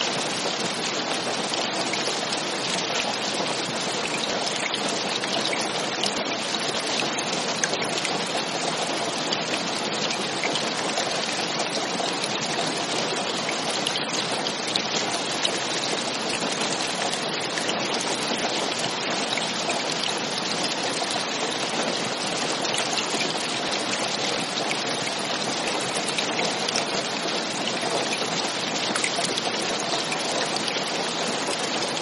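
Steady, heavy rain falls without pause, a dense hiss of countless drops striking a surface. Fine ticking raindrops sparkle through the upper range while a softer wash sits underneath. The level stays constant for the whole stretch, with no breaks or swells.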